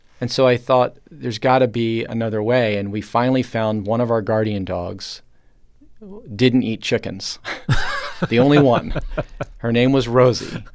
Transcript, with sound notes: And so I thought, there's got to be another way. And we finally found one of our guardian dogs didn't eat chickens.
(Laughter).
The only one. Her name was Rosie,